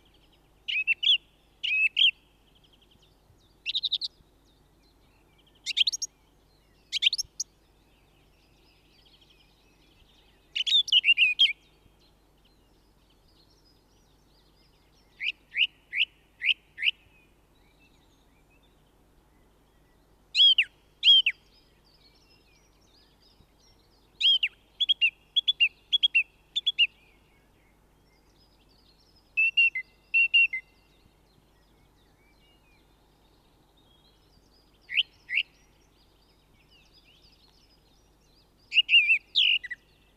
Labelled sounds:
Song Thrush song

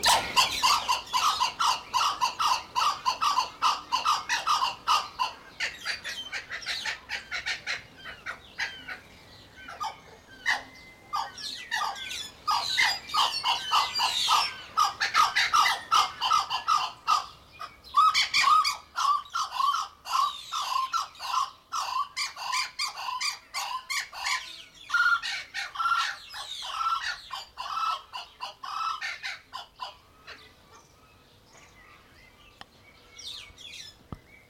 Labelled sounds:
Blue-winged Kookaburra call

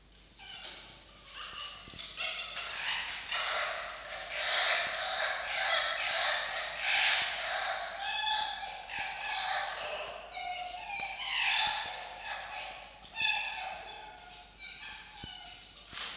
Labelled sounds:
Red Fox

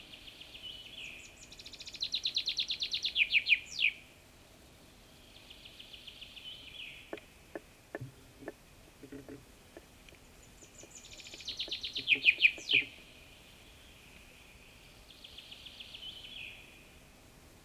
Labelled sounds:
Common Chaffinch song

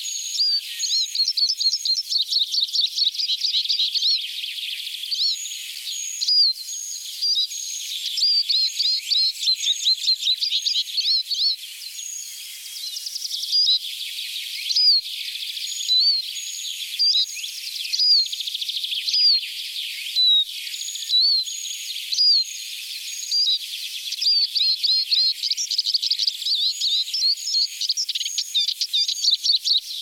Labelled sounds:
Eurasian Siskin song

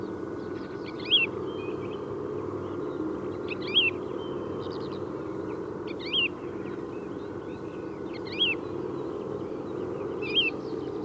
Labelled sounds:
Wood Lark call

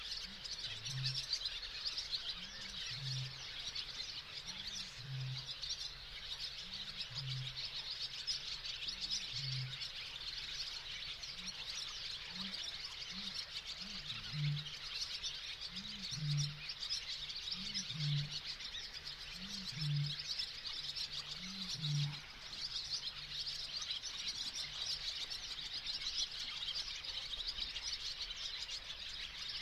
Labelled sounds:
Barn Swallow song

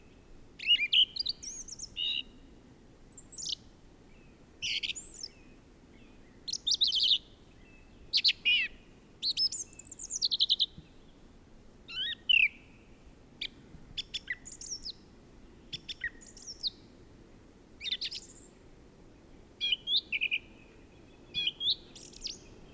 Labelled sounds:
Song Thrush song

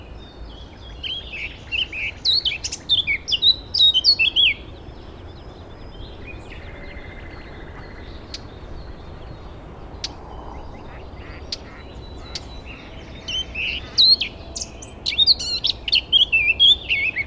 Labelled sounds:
Eurasian Blackcap

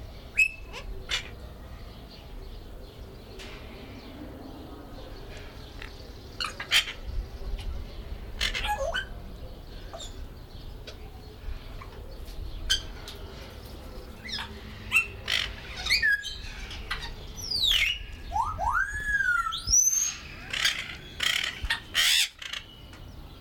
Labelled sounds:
Golden-collared Macaw

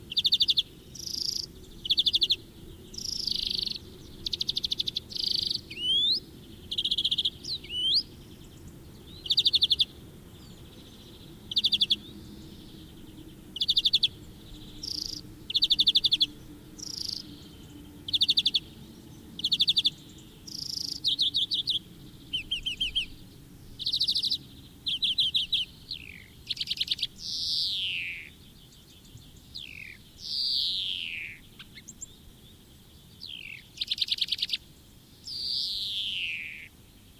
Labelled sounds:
European Greenfinch song

